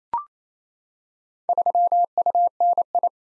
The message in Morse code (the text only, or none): 3UNI